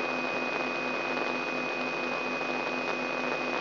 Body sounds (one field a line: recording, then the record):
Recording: brain microelectrode recording played as sound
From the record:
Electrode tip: inside the subthalamic nucleus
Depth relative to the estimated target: 2 mm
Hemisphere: right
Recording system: AlphaMap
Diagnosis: Parkinson's disease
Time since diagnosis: 9 years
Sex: female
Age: 46 years